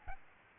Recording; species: mosquito wingbeat signal from an infrared sensor; Aedes albopictus